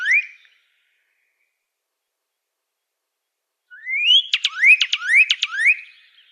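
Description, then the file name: Pyrrhuloxia singing: a brief upslurred whistle, a long silence, then a phrase of rising whistles mixed with quick, sharp descending notes. "suara kicauan burung pyrrhuloxia. omkicau"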